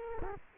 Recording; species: mosquito wingbeat signal from an infrared sensor; Culex quinquefasciatus